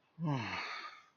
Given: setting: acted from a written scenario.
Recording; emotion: vocal sound without words; disappointment